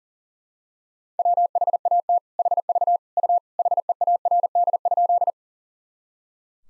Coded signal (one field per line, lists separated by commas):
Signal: Morse code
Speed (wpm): 40 wpm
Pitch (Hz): 700 Hz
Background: none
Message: WHAT HV U HEARD?